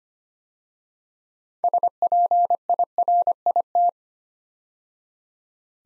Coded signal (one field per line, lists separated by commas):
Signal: Morse code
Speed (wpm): 25 wpm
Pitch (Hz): 700 Hz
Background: none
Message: SPIRIT